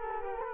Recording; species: mosquito wingbeat signal from an infrared sensor; Culex quinquefasciatus